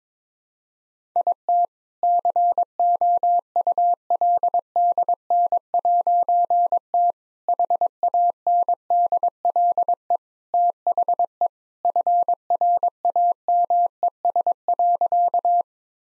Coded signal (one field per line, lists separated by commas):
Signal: Morse code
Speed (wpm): 22 wpm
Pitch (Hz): 700 Hz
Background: none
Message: IT COULDN'T HANDLE THE FRAMES.